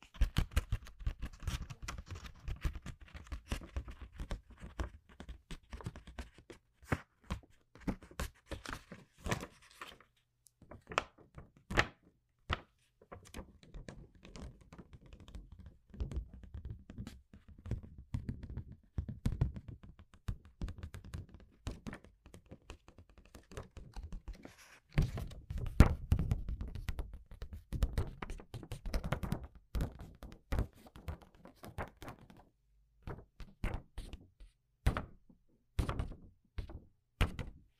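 Household objects thunk and knock in dense irregular bursts, with a low rumbling stretch early on, a quieter gap near ten seconds, then more clattering.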